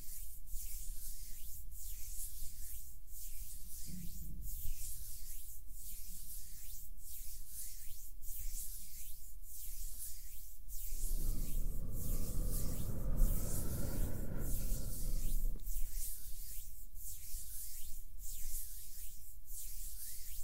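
Hands rub together in steady strokes, a soft bright swish repeating about once a second for the whole clip. From around eleven to fifteen seconds a deep, breathy rumble of air blowing onto the microphone swells underneath, then fades.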